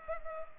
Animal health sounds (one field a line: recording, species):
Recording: mosquito wingbeat signal from an infrared sensor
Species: Culex pipiens